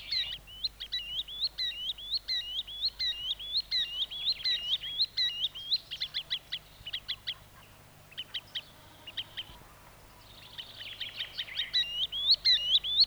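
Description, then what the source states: Green Sandpiper calling in a steady run of bright, looping whistles, thinning and pausing briefly in the second half before a denser, rapid sequence resumes; low background hum. Field recording.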